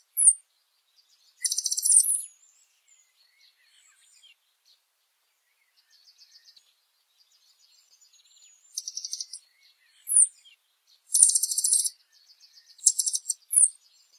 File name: Canto do Sai azul